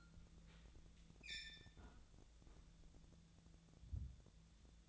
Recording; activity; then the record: daily activity, microphone in the room; close fridge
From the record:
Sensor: 3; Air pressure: 1000.1 hPa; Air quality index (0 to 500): 127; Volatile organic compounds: 2 ppm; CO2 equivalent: 1138 ppm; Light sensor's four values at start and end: 43/108/46/51 and 42/108/46/50